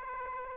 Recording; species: mosquito wingbeat signal from an infrared sensor; Aedes aegypti